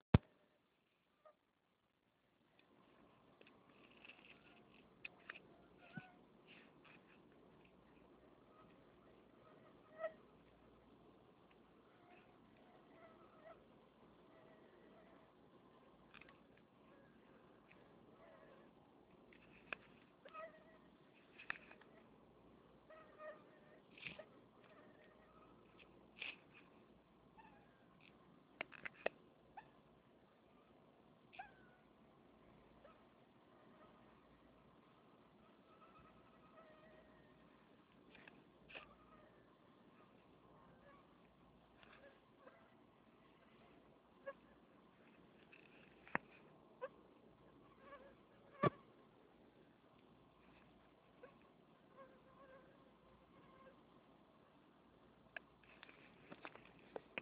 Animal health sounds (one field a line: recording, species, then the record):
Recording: mosquito flight sound by mobile phone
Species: Anopheles farauti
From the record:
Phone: Nokia 6555B